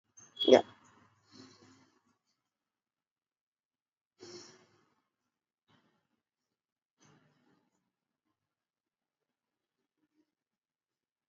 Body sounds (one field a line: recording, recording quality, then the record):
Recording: deep breathing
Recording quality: excellent, no background noise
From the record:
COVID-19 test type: RT-PCR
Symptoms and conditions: cough, cold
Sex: male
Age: 20 years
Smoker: no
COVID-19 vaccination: both doses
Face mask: worn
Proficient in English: yes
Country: India